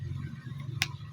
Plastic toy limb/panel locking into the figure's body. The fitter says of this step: yun oh. Naka-lock na kabila.